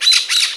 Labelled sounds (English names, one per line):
Brown-throated Parakeet contact call